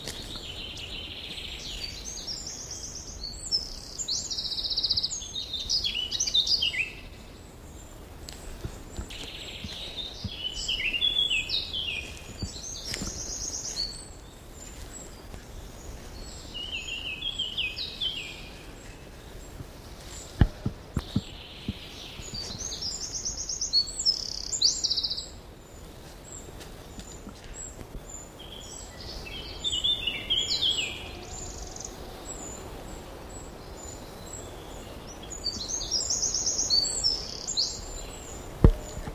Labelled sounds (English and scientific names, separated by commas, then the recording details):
Eurasian Wren (Troglodytes troglodytes) song
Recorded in the wild
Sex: male
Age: adult
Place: Mühlenbecker Wald, Brandenburg, DE
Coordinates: 52.7, 13.4
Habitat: marshland, glade
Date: 1988-06-19 11:36
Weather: cloudy, 14-18°C
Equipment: Nagra SN, Kopie Tesla B 116
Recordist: Tembrock, Günter